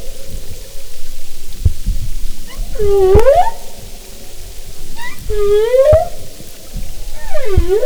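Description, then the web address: Humpback whale song: drawn-out moaning units that dip then sweep upward with rich harmonics, repeated several times over low rumbling noise. "Marine Mammals humpback"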